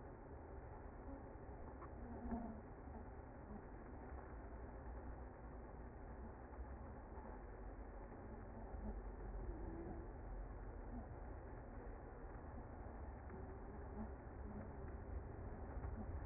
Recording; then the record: honeybee colony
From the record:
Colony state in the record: active